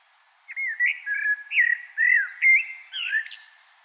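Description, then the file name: Common blackbird with a fluty warbled phrase of several distinct whistled notes, ending with a sharp high note. "Turdus merula"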